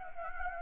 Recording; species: mosquito wingbeat signal from an infrared sensor; Anopheles gambiae